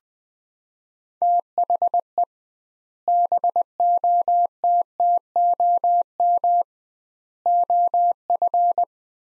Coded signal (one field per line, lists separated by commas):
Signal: Morse code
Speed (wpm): 20 wpm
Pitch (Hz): 700 Hz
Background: none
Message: THE BOTTOM OF